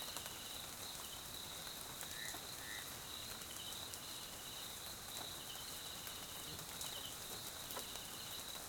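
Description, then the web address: Cricket chorus holding a continuous high tone while pulsed trills come and go, a couple of brief lower chirps early on, soft rain dripping behind. South African crickets recorded as night background in jungle at Mkhaya, Swaziland, during rain. "Sonniss com - GDC 2018-Game Audio Bundle Tonschliff - SOUTH AFRICAN CRICKETS BG Swaziland Mkhaya Jungle Night Rain"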